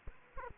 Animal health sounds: mosquito wingbeat signal from an infrared sensor; Aedes aegypti

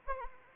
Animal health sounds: mosquito wingbeat signal from an infrared sensor; Anopheles arabiensis

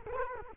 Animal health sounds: mosquito wingbeat signal from an infrared sensor; Culex quinquefasciatus

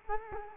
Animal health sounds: mosquito wingbeat signal from an infrared sensor; Culex quinquefasciatus

